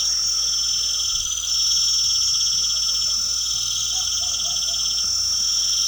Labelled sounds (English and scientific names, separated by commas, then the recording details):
none
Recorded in pastures near Puerto Asís, Putumayo, Colombia, on 8 March 2025 at 20:00
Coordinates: 0.497, -76.327
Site G072